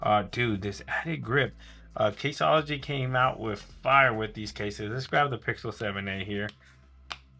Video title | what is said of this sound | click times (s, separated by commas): Caseology Athlex Case For Google Pixel 7a | very nice snug fit you can hear it snap in place I like that and | 7.1 s